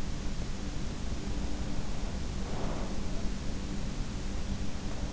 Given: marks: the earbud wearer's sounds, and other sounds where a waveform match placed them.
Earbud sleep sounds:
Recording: sounds in sleep by an in-ear microphone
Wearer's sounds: breath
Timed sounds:
0.97-3.43 s: breath

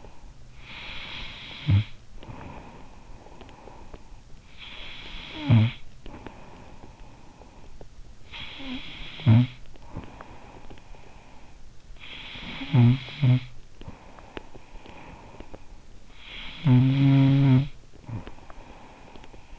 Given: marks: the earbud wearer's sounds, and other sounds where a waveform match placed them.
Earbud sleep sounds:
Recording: sounds in sleep by an in-ear microphone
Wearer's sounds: snoring breath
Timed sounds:
0.00-19.59 s: snoring breath

